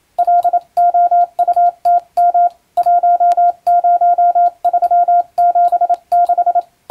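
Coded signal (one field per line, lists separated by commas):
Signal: Morse code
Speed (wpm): 27 wpm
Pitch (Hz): 700 Hz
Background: none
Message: LOUTM 10376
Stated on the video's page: Morse reception practice from a European-language telegram practice book, for radiotelegraph operator and amateur radio training.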